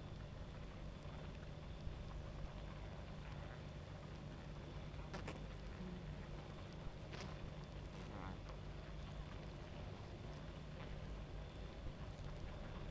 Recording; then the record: honeybee colony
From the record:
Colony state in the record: active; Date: 28 July 2017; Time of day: 23:41